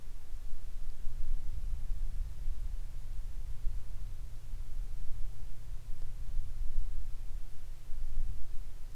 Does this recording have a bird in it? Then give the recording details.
no. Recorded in the Arctic National Wildlife Refuge, Alaska, on 22 July 2019 at 15:48. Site 41